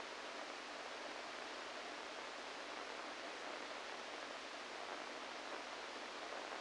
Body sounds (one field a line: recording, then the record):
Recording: brain microelectrode recording played as sound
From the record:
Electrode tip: inside the subthalamic nucleus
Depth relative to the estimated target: 0 mm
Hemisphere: right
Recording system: NeuroSet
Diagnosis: Parkinson's disease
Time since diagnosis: 14 years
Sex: male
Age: 51 years